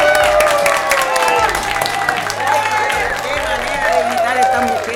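A studio audience bursts into steady applause and cheering, a dense wash of clapping with whoops and shouts rising over it for the full few seconds, fairly loud and continuous.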